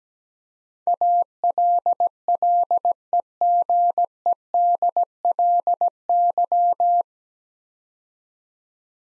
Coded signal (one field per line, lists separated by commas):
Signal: Morse code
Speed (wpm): 17 wpm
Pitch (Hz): 700 Hz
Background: none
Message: ALLEGEDLY